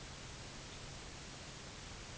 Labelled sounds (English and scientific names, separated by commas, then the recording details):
none
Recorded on Arctic tundra, site UTQI-8, on 13 June 2019
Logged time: 04:00